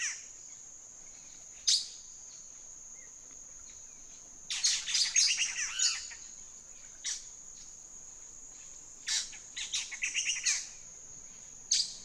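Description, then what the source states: Black-headed Saltator chattering in two noisy bursts of rapid, harsh notes over a steady high insect-like whine, with a few isolated sharp notes. Noisy chatter that speeds up.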